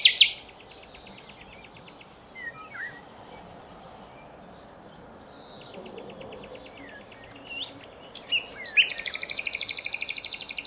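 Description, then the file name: Common nightingale song: a sharp opening note, thin trills and whistled slurs, then a long loud series of fast rhythmic pulsed notes, over a hissy background. "Luscinia megarhynchos"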